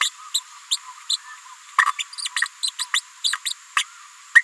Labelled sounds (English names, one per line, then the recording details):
Green-rumped Parrotlet babbling
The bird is a female
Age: 30 days
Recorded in a nest box in Venezuela
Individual 17B73B2